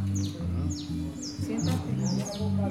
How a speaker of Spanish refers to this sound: No, para nada. Ni las aves, porque las aves mantienen por acá.